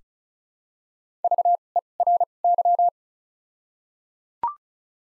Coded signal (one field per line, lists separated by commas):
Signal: Morse code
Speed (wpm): 36 wpm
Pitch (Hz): 700 Hz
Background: none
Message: V E R Y